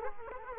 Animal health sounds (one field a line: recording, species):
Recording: mosquito wingbeat signal from an infrared sensor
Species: Culex quinquefasciatus